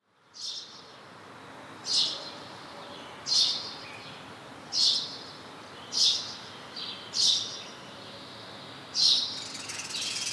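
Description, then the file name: House sparrow giving sharp repeated chirps, about one every second or so, clear above a soft hissing background. "Passer domesticus"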